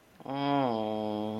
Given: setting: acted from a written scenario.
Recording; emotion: vocal sound without words; embarrassment